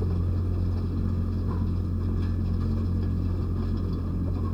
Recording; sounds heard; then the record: poultry house recording; sick chickens (respiratory disease)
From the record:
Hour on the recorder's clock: 2